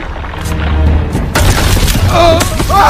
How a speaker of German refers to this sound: Da, ein Riss im Eis. Die Kante, sie bricht weg.